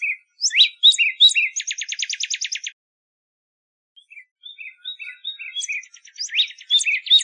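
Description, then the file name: Northern cardinal song: sharp sweeping notes lead into a quick trill, a pause, then softer whistled notes and another burst of sweeping phrases. Arizona. "NOCA 5 Deviche"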